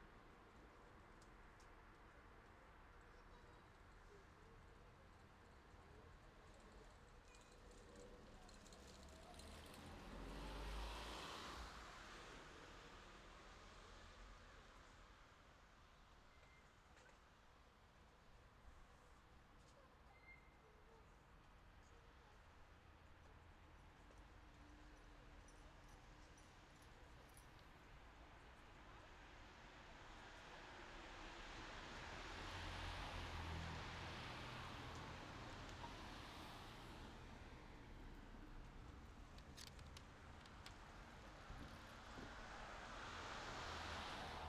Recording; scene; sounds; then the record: everyday scene through a hearing-aid microphone; in traffic; traffic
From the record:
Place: city secondary road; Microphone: in the ear canal, left